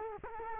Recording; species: mosquito wingbeat signal from an infrared sensor; Culex quinquefasciatus